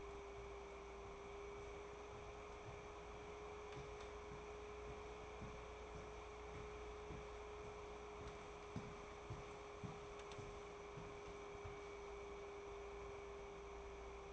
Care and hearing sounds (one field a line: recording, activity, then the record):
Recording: daily activity, microphone in the room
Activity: walk to room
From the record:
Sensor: 1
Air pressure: 1010.5 hPa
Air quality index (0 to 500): 170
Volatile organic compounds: 12 ppm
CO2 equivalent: 2343 ppm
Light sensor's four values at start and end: 55/142/59/76 and 53/141/58/74